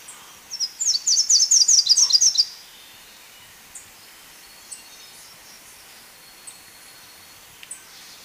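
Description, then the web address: Slate-throated whitestart song: one quick, high series of bright chip notes lasting under two seconds, followed by scattered faint single chips. Recorded in Ecuador. "Birds of Ecuador. Slate-throated Whitestart"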